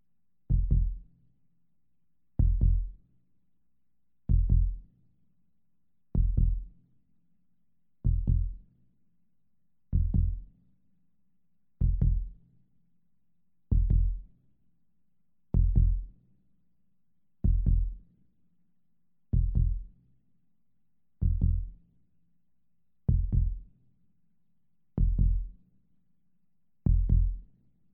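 Steady, deep low thumps about 32 times a minute with a faint hum between: a normal human heartbeat, heard in a hospital setting.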